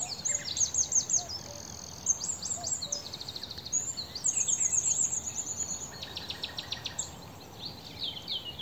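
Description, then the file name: Eurasian wren song, a long rapid sequence of high trills, rattles and sharp repeated notes, with faint lower bird notes early on. "Troglodytes troglodytes"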